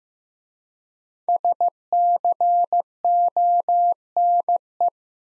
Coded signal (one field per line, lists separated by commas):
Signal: Morse code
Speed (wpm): 15 wpm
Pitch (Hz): 700 Hz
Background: none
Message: SCONE